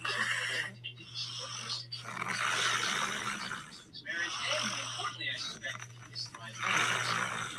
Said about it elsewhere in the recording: This audio of your wife snoring that's a lot of snoring.